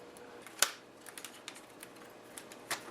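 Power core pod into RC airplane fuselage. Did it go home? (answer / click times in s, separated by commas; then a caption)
no / none. A plastic power core pod (battery/receiver pod) is pushed into the foam fuselage of a FlyZone AirCore RC airplane, with its magnets being lined up. A sharp knock is heard near 0.6 s, followed by light ticks and scrapes and another knock near 2.7 s. The core has not seated or clicked into place.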